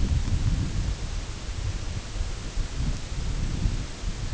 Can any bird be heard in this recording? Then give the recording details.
no. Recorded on Arctic tundra, site IGLO-A, on 22 June 2018. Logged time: 17:59